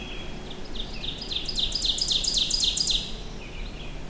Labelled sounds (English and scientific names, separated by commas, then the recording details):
Ovenbird (Seiurus aurocapilla) song
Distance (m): 15 m
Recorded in boreal forest in Alberta, Canada, on 23 June 2016 at 08:58
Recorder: SongMeter 3, array SBT-6-76
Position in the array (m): 12 m, 93 m
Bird 2